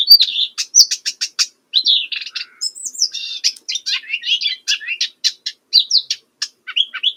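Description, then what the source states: Blyth's Reed Warbler song: a lively stream of sharp ticks, buzzy notes and clear whistled slurs, with brief gaps between phrases. Recorded at Chokpak, Kazakhstan, in early spring on 2 May; possibly a newly arrived singing migrant.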